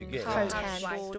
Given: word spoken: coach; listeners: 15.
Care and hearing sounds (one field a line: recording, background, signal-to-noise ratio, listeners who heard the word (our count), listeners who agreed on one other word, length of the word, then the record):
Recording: one English word in noise, from a listening test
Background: four-talker babble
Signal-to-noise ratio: -1.9 dB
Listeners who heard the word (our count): 2 of 15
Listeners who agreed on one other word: 6 of 15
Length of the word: 0.78 s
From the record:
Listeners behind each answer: 6, 2, 2, 1, 1, 1, 1, 1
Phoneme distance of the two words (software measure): 48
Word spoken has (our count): 1 syllable, 3 phonemes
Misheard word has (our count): 2 syllables, 7 phonemes, stress on syllable 2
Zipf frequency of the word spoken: 4.51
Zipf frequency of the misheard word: 4.34